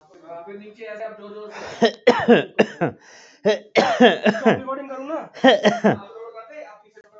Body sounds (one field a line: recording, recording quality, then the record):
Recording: heavy voluntary cough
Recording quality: moderate, slight background noise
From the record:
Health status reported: healthy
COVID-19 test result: not tested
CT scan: not taken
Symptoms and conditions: none ticked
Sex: male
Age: 31 years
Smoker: no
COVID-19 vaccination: both doses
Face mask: worn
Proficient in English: yes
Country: India